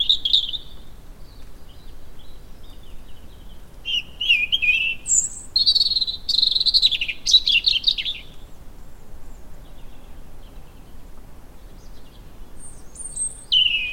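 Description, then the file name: European robin song phrases, high thin warbles and trills in bursts, with quiet gaps between phrases. "Erithacus rubecula"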